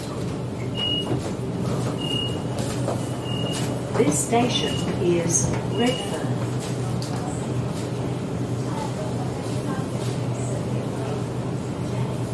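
Waiting at a train station, a steady low rumble of engines and crowd murmur fills the background. Repeated short high beeps sound early on, around the first six seconds, with scattered voices and clatter near the middle before the hum settles.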